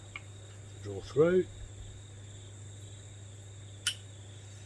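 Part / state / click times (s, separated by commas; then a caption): draw-length clicker on a bow scale pulling a bowstring / torque reached / 3.9 s. An archer draws a bowstring with a bow scale (draw-weight gauge) until the draw-length clicker trips at the set draw length. Someone talks briefly near the start over a steady low hum and faint high-pitched tones, then a single sharp click sounds at 3.9 s. The clicker clicks at the set draw.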